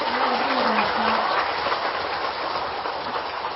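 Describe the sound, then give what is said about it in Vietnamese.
An audience at a Buddhist dharma talk by Thích Phước Tiến applauds with sustained, dense clapping that stays loud and steady throughout, forming a continuous wash of noise with no voices rising above it. “Nhưng con thấy trong thời pháp thoại hôm nay, tôi các vị rất là tỉnh thức và thường xuyên cúi dường những chàng vỗ tay 8 tháng rất là lớn và tương tác với thời pháp thoại của thầy.”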